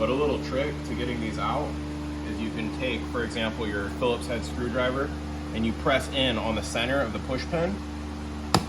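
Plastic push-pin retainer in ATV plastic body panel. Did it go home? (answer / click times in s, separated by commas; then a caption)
released / 8.5 s. Someone talks while pressing a Phillips head screwdriver into the center of a plastic push-pin retainer in the plastic body panel of a 2022 KFX50 ATV, as part of a speed collar delete, over a steady low hum. A sharp loud snap at 8.6 s marks the pin's center snapping in, releasing the push pin so it can be pried out of the panel.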